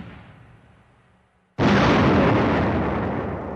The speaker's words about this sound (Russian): Башня танка повернулась, а вместе с ней коротенькая пушка, которая походила вверх-вниз в поисках цели, и выстрелила.